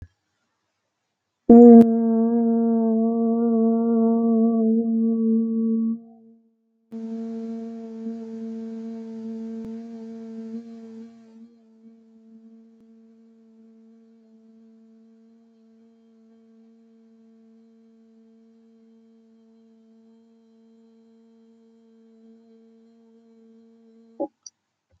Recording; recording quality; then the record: sustained vowel as in boot; excellent, no background noise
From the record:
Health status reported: healthy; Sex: female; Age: 28 years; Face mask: not worn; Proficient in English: yes